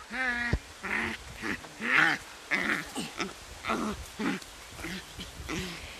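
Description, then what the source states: Bonobo laughter: a harmonic squeal followed by many breathy, panting bursts in an irregular rhythm. Laughter of a female bonobo.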